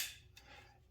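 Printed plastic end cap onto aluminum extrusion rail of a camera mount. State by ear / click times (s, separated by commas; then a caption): seated / 0.4 s. A 3D-printed plastic end cap with a profile matching the rail is pressed, with a slight wiggle, onto the end of an aluminum extrusion rail of a YoraHome LightBurn camera mount. A short, sharp snap is heard at 0.4 s after a fading hiss at the start. The cap seats in place on the rail.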